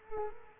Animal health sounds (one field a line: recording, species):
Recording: mosquito wingbeat signal from an infrared sensor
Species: Culex quinquefasciatus